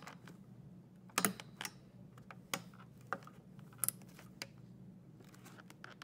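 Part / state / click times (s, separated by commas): CPU heatsink push pins into motherboard mounting holes / seated / 1.2 s, 2.5 s, 3.1 s, 3.8 s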